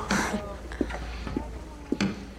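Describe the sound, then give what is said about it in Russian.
Muffled moaning heard through the door of a female boss's office: short, low vocal groans repeating about four times in a steady rhythm over a faint background hum. “Света останавливается, услышав стоны, и прислоняет ухо к двери начальницы”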